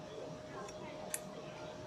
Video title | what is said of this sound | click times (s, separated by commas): MÁY KIỂM TRA ĐỘ THOÁNG KHÍ RF4308E | You will hear a click that indicates the firm connection. | 1.1 s